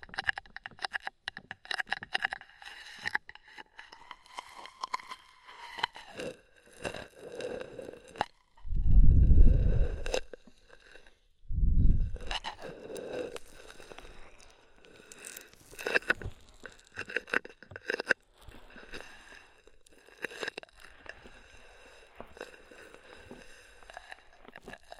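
Ear massage with oil and foam: dense crackling, squishing and rubbing sounds run throughout, with crisp clicks and pops scattered fast and irregular. Two heavier, deep muffled rubs stand out around 9 and 12 seconds, and the crackling thins out toward the end.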